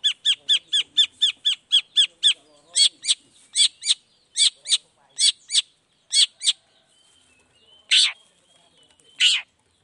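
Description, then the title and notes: Long-tailed shrike song: a rapid burst of clipped notes that slows into spaced harsh pairs, then two single rasping calls. Long-tailed shrike singing varied 'toet toet' notes in the morning, played to provoke other shrikes into responding. "Cendet Gacor Dor Di Kala Pagi Toet Toet Variasi Suara. Cendet Gacor Langsung Nyaut Emosi Hanya dengan Sekali Putar Bikin Cendet Lainya Cepat Respon Bunyi. Burung cendet"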